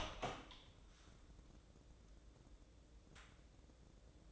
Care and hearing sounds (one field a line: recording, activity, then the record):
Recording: daily activity, microphone in the room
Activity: open door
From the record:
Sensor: 3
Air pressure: 1012.3 hPa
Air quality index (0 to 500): 180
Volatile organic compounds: 3 ppm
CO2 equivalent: 1380 ppm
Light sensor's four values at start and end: 591/1470/608/627 and 587/1460/604/622